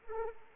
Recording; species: mosquito wingbeat signal from an infrared sensor; Anopheles arabiensis